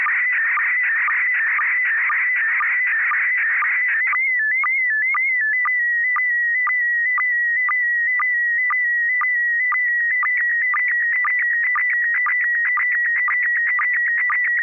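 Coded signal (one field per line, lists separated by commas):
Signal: SSTV (slow-scan television)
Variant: PD 120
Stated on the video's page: Morse during an amateur SSTV net on an FM repeater at 441.300 MHz.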